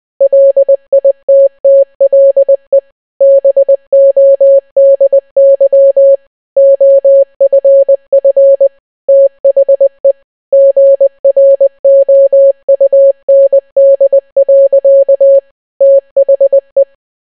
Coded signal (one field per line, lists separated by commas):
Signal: Morse code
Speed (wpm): 20 wpm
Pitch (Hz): 550 Hz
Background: none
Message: LITTLE BODY OFF THE GROUND. THE